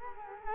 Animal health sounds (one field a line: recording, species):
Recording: mosquito wingbeat signal from an infrared sensor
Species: Culex quinquefasciatus